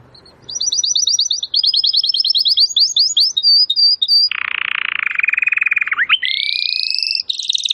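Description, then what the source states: Domestic canary song opening with rapid high trills and swept notes, then a long buzzy low rattle followed by rising trilled phrases. Belgian canary singing; labelled 'Campainha'.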